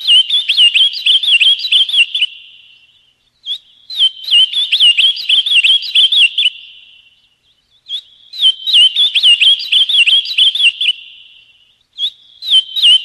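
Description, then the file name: Ultramarine grosbeak song, a sweet warbled phrase of quick rising and falling whistled notes lasting two to three seconds, repeated roughly every four seconds in a quiet background. "Canto-do-Azulão"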